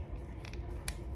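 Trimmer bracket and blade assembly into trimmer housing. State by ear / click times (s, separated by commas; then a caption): seated / 0.9 s. Reassembled trimmer bracket and blade assembly being pressed down into the housing of a broken Andis GTX-EXO T-edger trimmer during a repair. Two faint ticks come at 0.45 and 0.53 s over a low background rumble, then a sharp, louder snap at 0.9 s as the parts seat into place.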